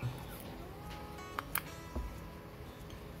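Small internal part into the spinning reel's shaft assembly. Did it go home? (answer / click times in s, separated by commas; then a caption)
yes / 1.4 s, 1.5 s. A small internal part is pushed into the centre shaft area of a Wiki Violent Slow VS2000XH spinning fishing reel during service, against a steady background with faint tonal hum. Two sharp clicks ring out at 1.4 s and 1.6 s, followed by a softer low thump around 2.0 s. The part is seated in the reel's shaft assembly.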